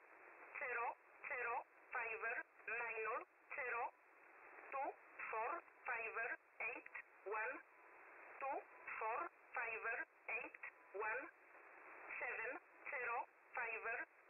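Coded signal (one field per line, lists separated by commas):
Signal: numbers station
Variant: E11, English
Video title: Spy Numbers, E11, 7850 Khz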